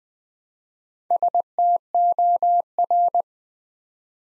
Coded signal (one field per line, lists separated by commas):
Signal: Morse code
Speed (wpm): 20 wpm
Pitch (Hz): 700 Hz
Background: none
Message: STOR